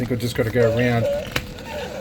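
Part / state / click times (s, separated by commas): plastic body section fitted into an RC robot toy / seated / 1.4 s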